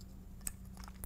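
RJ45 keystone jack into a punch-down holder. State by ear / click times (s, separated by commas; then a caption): seated / 0.5 s, 1.0 s. A Cat6 RJ45 keystone jack is pressed into a plastic punch-down termination holder (jack puck). Over a steady low hum, sharp clicks sound at 0.5 s and 1.0 s as it snaps in. The jack is seated and sits nice and firm.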